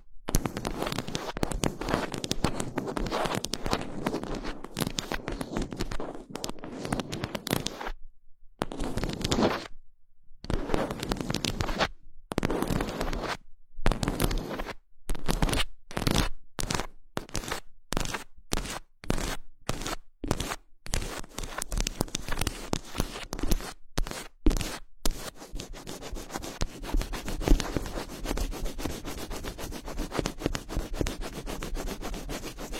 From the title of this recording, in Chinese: 手指抓挠话筒